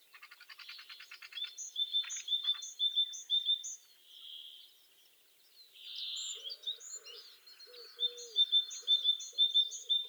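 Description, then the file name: Great tit song: a clear two-note phrase, high then lower, repeated rhythmically about twice a second, with buzzy chatter, hissing sounds and low cooing behind. "Parus major"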